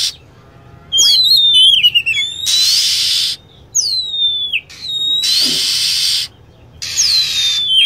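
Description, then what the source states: Lovebird calls: shrill whistles that drop steeply in pitch, alternating with sustained hiss-like noise bursts about a second long, with brief gaps between. Lure recording used to attract lovebirds.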